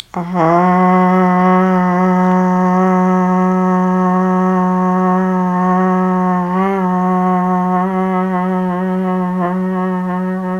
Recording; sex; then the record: sustained vowel /a/; female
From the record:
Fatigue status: no fatigue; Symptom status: asymptomatic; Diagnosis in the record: COVID-19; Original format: m4a